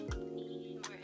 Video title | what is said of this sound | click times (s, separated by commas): Fans Hobby MB-19A DOUBLE AGENT (Masterpiece Double Dealer) Review | clicks into place | 0.8 s